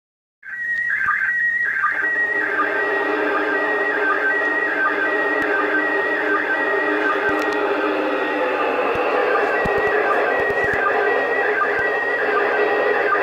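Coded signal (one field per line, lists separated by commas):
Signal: SSTV (slow-scan television)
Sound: warbling tone sweeping up and down, with short regular low sync ticks, under steady hiss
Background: radio static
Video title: SSTV from ISS 12.04.2016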